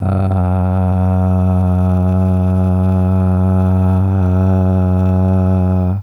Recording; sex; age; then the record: sustained vowel /a/; male; 20 to 29 years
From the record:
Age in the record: 27 years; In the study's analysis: excluded